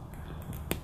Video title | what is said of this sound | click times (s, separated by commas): How To: Terminate a Two Piece High Performance Cat6 Connector | there it snapped make sort of a snap and it's ready to go | 0.7 s